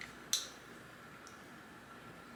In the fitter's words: you'll kind of feel it click into place right there